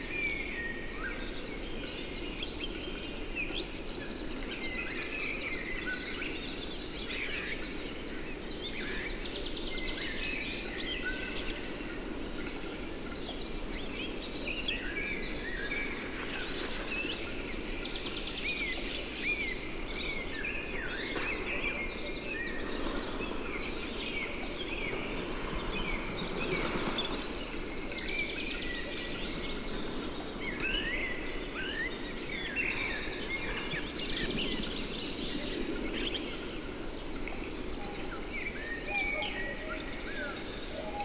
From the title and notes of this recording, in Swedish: Tjäderspelets ljudvärld. Här får du själv höra skogens alla ljud i slutet av april när tjäderspelet är på sin topp.